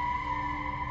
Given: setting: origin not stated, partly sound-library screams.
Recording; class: one-second piece from a danger detection set; woman in danger